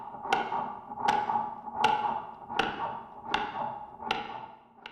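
Sharp, clicky beats repeat steadily at about 80 per minute, each with a brief ringing tail and little deep thump. This is a simulated heartbeat from a heart simulator, with a regular rhythm and no extra sounds between beats.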